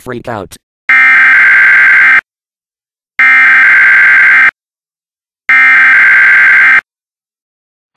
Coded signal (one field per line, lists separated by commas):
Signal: Emergency Alert System (SAME) tones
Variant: header bursts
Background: speech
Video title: EAS alert on the Peanut Butter Jelly Time!!! Channel